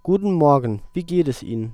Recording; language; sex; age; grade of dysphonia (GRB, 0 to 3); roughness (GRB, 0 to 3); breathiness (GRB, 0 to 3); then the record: spoken sentence; German; male; 30 to 39 years; 0; 0; 0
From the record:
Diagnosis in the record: healthy voice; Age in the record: 32 years